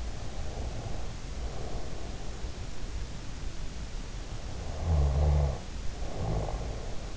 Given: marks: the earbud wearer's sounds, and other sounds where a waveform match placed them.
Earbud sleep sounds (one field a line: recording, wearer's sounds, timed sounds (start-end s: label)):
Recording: sounds in sleep by an in-ear microphone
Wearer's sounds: breath, snoring breath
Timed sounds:
0.32-2.49 s: breath
4.75-7.17 s: snoring breath